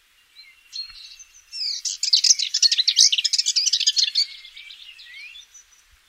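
Eastern subalpine warbler singing one rapid, rattling warble of crowded high notes that swells and fades, with thin quieter twitters before and after it.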